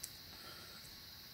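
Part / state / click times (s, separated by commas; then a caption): lamp holder into arcade push button / not seated / none. A small plastic lamp holder is being pushed into the back of a blue arcade button. A brief soft tick at 0.0 s is followed by steady low hiss for the rest of the clip. Nothing has seated or clicked yet.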